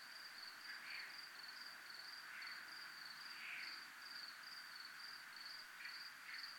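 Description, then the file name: Crickets chirping in a steady high-pitched pulsed trill that runs throughout, with softer swelling buzzes underneath now and then. Crickets recorded at zona militar (military zone). "zona militar crickets"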